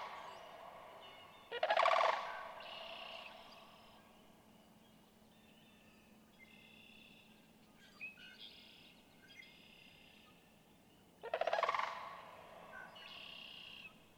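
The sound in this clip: Sandhill crane giving rattled, rolling calls, two loud bursts about ten seconds apart.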